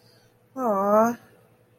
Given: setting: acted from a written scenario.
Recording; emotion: vocal sound without words; sympathy